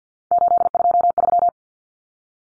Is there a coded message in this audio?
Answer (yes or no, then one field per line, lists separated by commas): yes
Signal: Morse code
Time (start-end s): 0.3-1.5 s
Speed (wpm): 50 wpm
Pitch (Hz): 700 Hz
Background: none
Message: 823